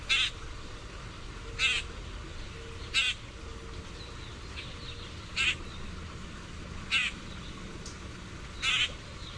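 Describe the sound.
Common grackle calls: abrupt, grating single notes, six in roughly nine seconds at irregular intervals, with faint low rumble beneath.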